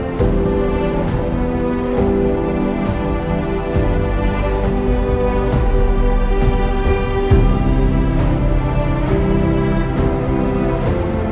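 Epic music plays at a full, steady level, built from deep sustained chords and layered held notes that change around the 2, 4 and 7.5 second marks. Sharp, bright hits land regularly, roughly once a second, all the way through.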